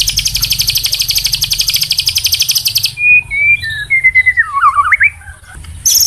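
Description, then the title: White-rumped shama song: a fast high pulsed trill for three seconds, then a string of clear whistled notes wandering up and down, then a wavy warble, and a brief return of the trill at the very end. Training recording for caged birds. "MASTERAN MURAI BATU LABAIK"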